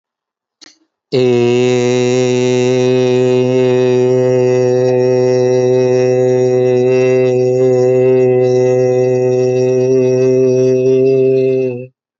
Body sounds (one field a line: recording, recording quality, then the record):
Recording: sustained vowel as in made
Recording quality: excellent, no background noise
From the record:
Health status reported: healthy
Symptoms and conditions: none ticked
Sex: male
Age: 29 years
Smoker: yes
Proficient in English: yes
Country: India